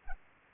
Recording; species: mosquito wingbeat signal from an infrared sensor; Anopheles gambiae